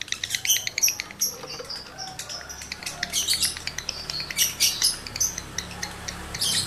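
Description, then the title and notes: Lovebird twittering song: shrill chirps and scratchy notes delivered in rapid, uneven bursts. Male lovebird in breeding condition, singing; the recording is used to stimulate other lovebirds to sing continuously. "Birahi Lovebird Jantan ke Gacor. Pancingan Suara Lovebird jantan birahi"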